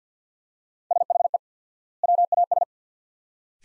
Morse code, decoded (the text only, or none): SHE WAS